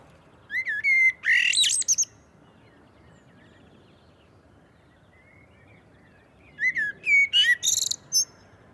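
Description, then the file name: Common blackbird singing two separate phrases, each a mellow fluted warble that breaks into a high squeaky twitter, with a quiet pause of several seconds between them. "Turdus merula"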